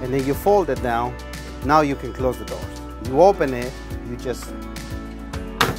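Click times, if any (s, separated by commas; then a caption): 5.6 s. Someone talks over background music while a fold-down bar counter is opened and pulled out. At 5.6 s a sharp, loud click is heard as its support bracket latches, locking the counter securely in the extended position.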